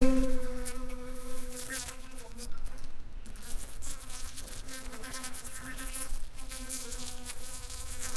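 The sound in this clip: Bumblebee buzzing as a low continuous drone, wavering slightly in strength, set against a hissy background.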